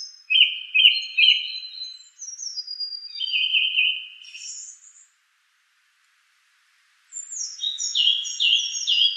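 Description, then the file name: Song thrush singing a phrase three times, then varied squeaky notes. After a short pause, a new phrase is repeated several times. "suara-kicauan-burung-song-thrush -omkicau"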